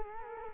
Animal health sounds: mosquito wingbeat signal from an infrared sensor; Culex quinquefasciatus

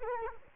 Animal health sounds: mosquito wingbeat signal from an infrared sensor; Culex quinquefasciatus

